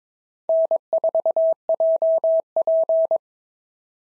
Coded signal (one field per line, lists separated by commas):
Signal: Morse code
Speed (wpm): 20 wpm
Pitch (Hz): 650 Hz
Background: none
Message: N4JP